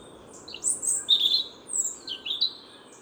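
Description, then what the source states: Eurasian Wren song, a few loud high trills and sharp notes in quick bursts over a steady hiss. Autumn, woodland park in Paris, France.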